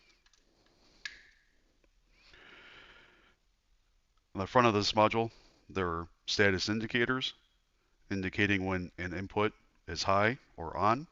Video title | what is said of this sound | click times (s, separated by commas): Session 1 - Hardware Introduction and Visual Troubleshooting | and then we'll lock into place | 1.1 s